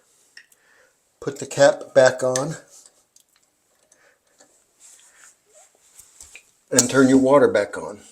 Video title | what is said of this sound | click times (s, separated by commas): Why Your Toilet Keeps Running, and How to Fix it | You're going to lock the float arm back on it, | 0.4 s